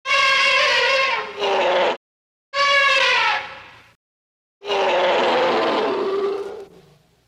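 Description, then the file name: Elephant trumpeting, three loud brassy blasts separated by short silences, the last one fading away slowly. "Rainforest Cafe Elephant Sound"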